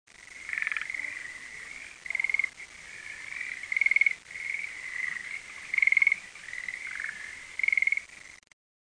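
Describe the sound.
Frog calling with pulsed, trilled high notes in louder bursts about every two seconds over steady continuous trilling, stopping abruptly near the end.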